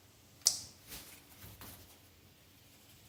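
A plastic wiring harness electrical connector is pushed onto the number one ignition coil pack, giving a sharp click at 0.5 s. A few softer, duller sounds follow around 0.9 and 1.6 s. The connector is confirmed seated on the number one coil.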